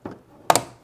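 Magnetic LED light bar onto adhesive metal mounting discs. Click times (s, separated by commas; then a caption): 0.5 s. A rechargeable magnetic LED light bar is put back onto adhesive metal mounting discs stuck under a cabinet. After a soft contact at 0.1 s, the magnet pulls it on with a sharp snap at 0.5 s and a quick second tick right after. The light bar is seated.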